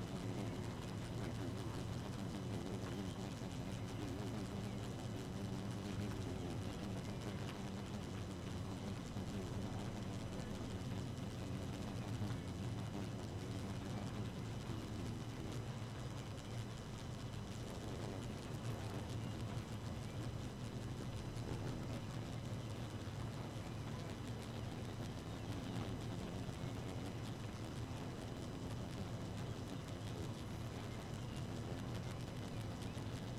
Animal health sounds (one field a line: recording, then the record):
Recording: honeybee colony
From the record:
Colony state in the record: active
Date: 12 June 2018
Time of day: 2:57